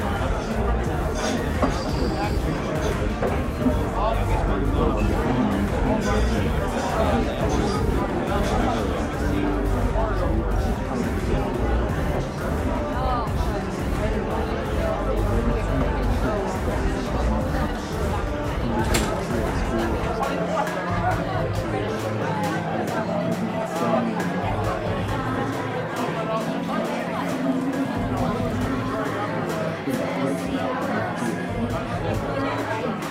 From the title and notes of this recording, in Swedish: Baren. En timme sorlande barljud.